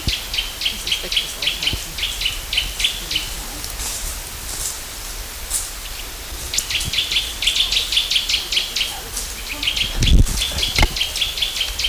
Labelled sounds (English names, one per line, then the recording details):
Eurasian Nuthatch call
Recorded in the wild
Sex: male
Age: adult
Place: Großer Tornowsee, Märkische Schweiz, Brandenburg, DE
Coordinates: 52.5667, 14.1
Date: 1999-09-15 13:06
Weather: sunny, 18°C
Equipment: Sony WM-D6C, Sennheiser ME 80, Kopie Uher 4000 Report Monitor
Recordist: Tembrock, Günter
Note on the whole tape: Rufreihen